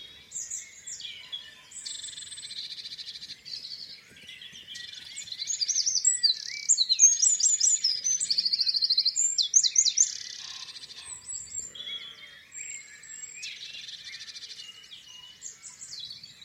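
A dawn chorus of many birds sings continuously in open countryside, the calls thin and bright with rapid trills and sweeping notes. A songbird stands out strongly from about six to ten seconds, while a softer layer of chirping fills the rest.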